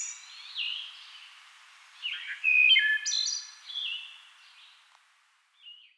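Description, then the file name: Wood thrush song: liquid, stepped whistled notes building into a bright, ringing phrase with overlapping tones, followed by a softer closing note. "Wood Thrush - Hylocichla mustelina"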